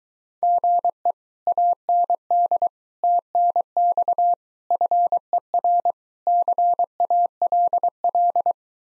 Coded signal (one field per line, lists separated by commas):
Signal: Morse code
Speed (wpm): 23 wpm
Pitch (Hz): 700 Hz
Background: none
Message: GE AND TNX FER CALL